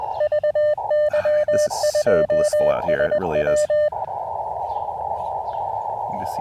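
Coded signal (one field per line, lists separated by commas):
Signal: Morse code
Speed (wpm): 21 wpm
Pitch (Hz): 600 Hz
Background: speech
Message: VY2SW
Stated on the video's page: Parks on the Air activation with an Elecraft KX2, KXPD2 paddles and AX1 antenna during rough band conditions.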